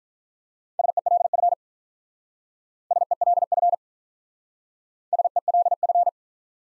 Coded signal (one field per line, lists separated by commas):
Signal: Morse code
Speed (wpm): 44 wpm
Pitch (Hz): 700 Hz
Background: none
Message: SELF SELF SELF